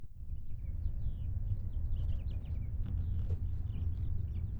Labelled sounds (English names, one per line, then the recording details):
House Finch song
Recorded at Oak Beach on Long Island, New York, on 21 May 1975
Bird A